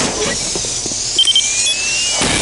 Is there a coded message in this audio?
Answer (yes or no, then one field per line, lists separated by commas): no